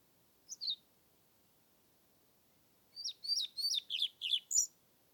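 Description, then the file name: European Pied Flycatcher singing: two brief high notes, a pause of about two seconds, then a fast series of several sharp, down-slurred sweet notes. Submitted recording dated 25 May 2021 from Nordvik, made with a Zoom recorder. "20210525 svarthvit nordvik zoom"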